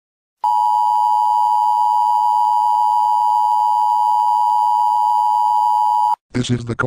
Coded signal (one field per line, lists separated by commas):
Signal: Emergency Alert System (SAME) tones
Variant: 853 and 960 Hz attention tone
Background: speech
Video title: Fire Skeleton Bro Kills The EAS Reporter/Grounded